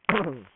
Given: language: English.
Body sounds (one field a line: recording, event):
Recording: throat vibration sensor signal played as sound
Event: throat clearing